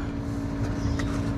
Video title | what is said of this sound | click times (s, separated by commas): BMW F30 - Ganti Lampu Utama- Philips Ultinon HID | apa udah ngunci ya oke | 1.0 s